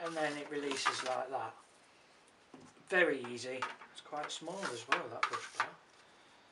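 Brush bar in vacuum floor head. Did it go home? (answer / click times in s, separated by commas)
no / none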